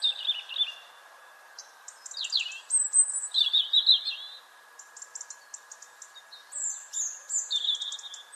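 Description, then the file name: European robin delivering several short, tinkling high phrases of trills and down-slurred notes with gaps between, over a continuous background hum. "Erithacus rubecula"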